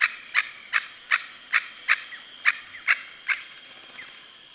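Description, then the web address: Red-necked aracari calling: a series of about nine sharp, clipped notes, roughly two to three per second. "Red necked aracari. صدای-پرنده-پرزبان-گردنسرخ"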